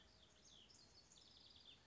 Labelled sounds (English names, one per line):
House Wren